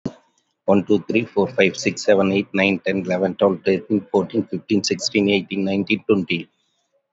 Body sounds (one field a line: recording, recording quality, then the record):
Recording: counting at a fast pace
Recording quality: excellent, no background noise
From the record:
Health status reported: COVID-19 positive, no symptoms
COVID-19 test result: positive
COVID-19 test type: RT-PCR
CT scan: not taken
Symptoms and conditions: cough, breathing difficulty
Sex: male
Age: 52 years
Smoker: yes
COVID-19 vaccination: one dose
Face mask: worn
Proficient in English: yes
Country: India